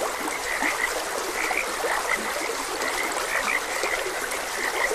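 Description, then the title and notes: Frogs croaking together in a busy, continuous chorus of short notes, with a few lower croaks and flowing water underneath. Frogs croaking beside a gentle stream. "Gentle Stream and Frogs Croaking - Calming Sounds of Nature. Sleep and Relaxation Podcast"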